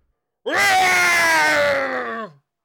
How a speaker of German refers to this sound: Da hören wir draußen einen fürchterlichen Schrei.